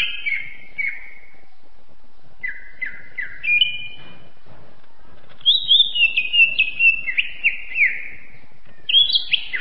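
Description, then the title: Greater green leafbird song: bursts of varied whistled and chattering phrases around mid-high pitch, with short pauses between phrase groups and a quiet background. Champion songbird. "Kicau Burung Cucak Ijo Juara"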